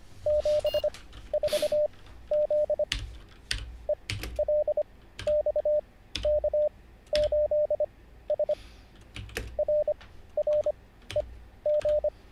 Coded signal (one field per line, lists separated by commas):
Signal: Morse code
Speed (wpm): 25 wpm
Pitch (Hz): 600 Hz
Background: none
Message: 74Z ELXK8S RREG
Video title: How to Weather the Coronavirus by Learning Morse Code LIVE with N0SSC (Day 33)